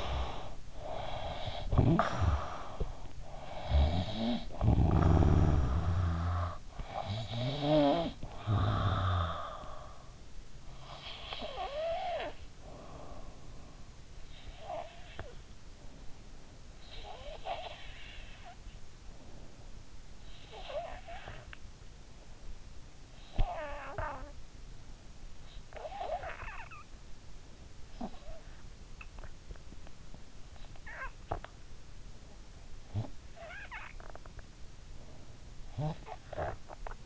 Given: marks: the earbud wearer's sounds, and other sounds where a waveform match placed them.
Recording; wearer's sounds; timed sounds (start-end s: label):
sounds in sleep by an in-ear microphone; breath, snoring breath
0.00-0.73 s: breath
0.73-13.82 s: snoring breath
13.82-16.47 s: breath
16.47-27.04 s: snoring breath
27.04-34.79 s: breath
34.79-37.05 s: snoring breath